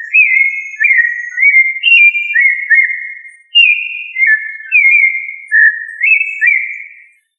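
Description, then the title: Thrush song: a steady run of clear whistled notes, each slurred up or down, delivered in quick succession for about seven seconds. "Familia Turdidae - Sabia"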